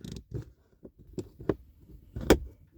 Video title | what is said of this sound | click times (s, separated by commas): How to replace glove box light bulb in Kia Sportage | carefully push the ligh housing back into the glove box panel until it clicks into place | 2.3 s